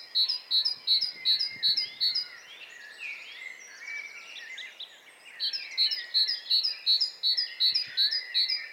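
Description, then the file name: Great tit repeating a sharp see-saw phrase in two long runs, while other small birds warble and chirp in the background. "Parus major"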